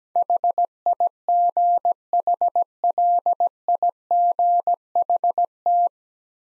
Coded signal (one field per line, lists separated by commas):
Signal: Morse code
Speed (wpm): 17 wpm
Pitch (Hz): 700 Hz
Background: none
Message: HIGHLIGHT